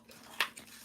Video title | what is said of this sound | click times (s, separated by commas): Decorate a Suitcase Treat Box Tutorial - Ocean Friends & Friends of the Ocean DSP by Stampin’ Up! | Click. Right. There's a little click. | 0.4 s